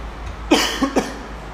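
Three short coughs in quick succession from an adult man, a strong first burst followed by two weaker ones.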